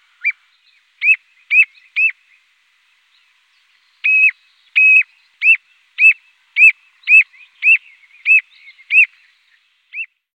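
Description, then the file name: Plover calls: clear whistled notes repeated in short bursts, with a pause of about two seconds before a steadier run. No other sounds. "chorlitejo"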